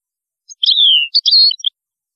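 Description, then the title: European goldfinch song, a short phrase with a long descending slurred note followed by quick chattering twitters. "Chant Chardonneret"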